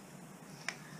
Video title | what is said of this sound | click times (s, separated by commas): HOT WHEELS MONSTER JAM - PIRATE TAKEDOWN CAPTAINS CURSE Build & Play with Leyarna | This looks like this will click into there. Yeah. Like that. | 0.7 s